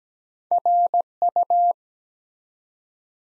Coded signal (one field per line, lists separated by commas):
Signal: Morse code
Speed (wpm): 17 wpm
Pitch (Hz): 700 Hz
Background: none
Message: RU